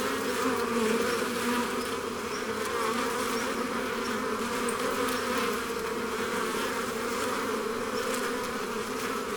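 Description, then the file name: Honey bees buzzing: a dense, steady hum of many bees. Recorded in front of the hive at Jaujac, Ardèche. "Devant la ruche Jaujac Ambiances Sonores d Ardeche Studio Les Trois Becs"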